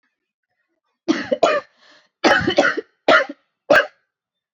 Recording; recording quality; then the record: heavy voluntary cough; excellent, no background noise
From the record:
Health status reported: COVID-19 positive, mild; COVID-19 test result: positive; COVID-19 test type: RT-PCR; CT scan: not taken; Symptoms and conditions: cough, cold, fever, fatigue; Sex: female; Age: 33 years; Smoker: no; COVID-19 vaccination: both doses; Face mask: not worn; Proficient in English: yes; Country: India